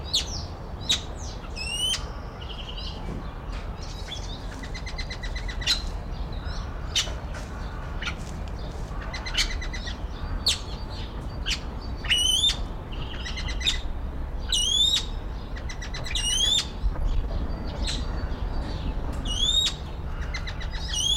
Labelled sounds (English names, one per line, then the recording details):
Golden Pheasant call
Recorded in captivity
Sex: male
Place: Zoo Berlin, Berlin, DE
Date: 1993-03-20 11:11
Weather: 5-8° C, böiger Wind
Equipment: Marantz CP 430, Sennheiser ME 80, Kopie Uher Variocord 263
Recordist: Tembrock, Günter
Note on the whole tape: Subad. Männchen: Lang- und Kurzlaute